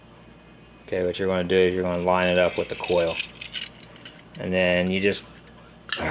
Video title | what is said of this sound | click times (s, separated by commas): Hi-Point C9 Magazine Fix's For Free #2 video | you just rock it back on until it clicks okay and then um | 5.9 s